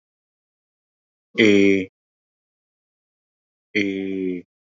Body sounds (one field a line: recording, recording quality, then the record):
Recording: sustained vowel as in made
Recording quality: excellent, no background noise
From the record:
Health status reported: COVID-19 positive, mild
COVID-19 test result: positive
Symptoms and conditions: cough, fatigue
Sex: male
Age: 35 years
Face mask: not worn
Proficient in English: yes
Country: India